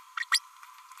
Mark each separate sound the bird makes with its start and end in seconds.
0.20-0.24, 0.31-0.39